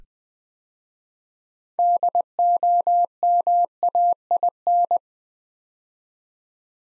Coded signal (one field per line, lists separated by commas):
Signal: Morse code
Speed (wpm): 20 wpm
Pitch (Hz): 700 Hz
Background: none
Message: DOMAIN